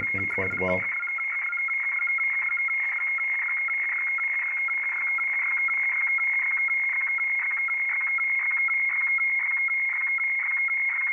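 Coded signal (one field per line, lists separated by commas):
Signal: weather fax (radiofax)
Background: speech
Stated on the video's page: Boston weather fax received on an XHDATA D808 with 3 kHz bandwidth, picked up acoustically without a cable by an Android tablet app.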